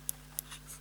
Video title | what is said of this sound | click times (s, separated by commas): How to Setup the Nintendo Switch Lite for Beginners | you go now that's clicked into place and you can close that one now this is a 64 gigabyte memory | 0.1 s, 0.4 s